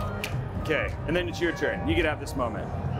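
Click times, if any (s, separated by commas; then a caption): none. A second RAM module is handled over a motherboard DIMM slot, ahead of being pushed in until its plastic latch snaps. Someone talks throughout over background music. The clip ends before the module goes home, so nothing has seated or clicked yet.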